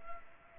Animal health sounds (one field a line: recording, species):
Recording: mosquito wingbeat signal from an infrared sensor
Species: Culex pipiens